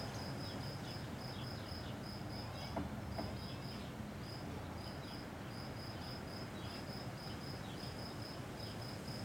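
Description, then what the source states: Cicada song of rapid repeated pulses in bursts, a brief knock partway through, all over continuous wind. Single cicada hiding in a garden all week; recorded on a day of constant mistral wind blowing through a pine tree.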